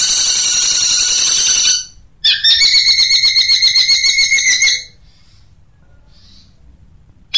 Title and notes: Suara Burung Cendet Tembakan Variasi 1. Masteran Burung Cendet